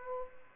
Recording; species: mosquito wingbeat signal from an infrared sensor; Aedes aegypti